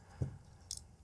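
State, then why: Seated. A folding knife's axis lock is pulled down, the steel blade is flipped the rest of the way open, and the lock is released so the lock bar engages the blade tang. A low, dull thump at about 0.2 s is followed by sharp, bright clicks at 0.7 s and 0.8 s as the axis lock snaps into place. The blade is held locked open.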